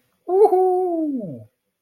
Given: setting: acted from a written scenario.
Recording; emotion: vocal sound without words; elation